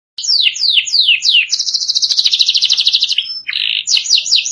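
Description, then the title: Canary song opening with several descending slurred whistles, then a long rapid high trill, a brief low warble and more falling whistled notes. "Kenari"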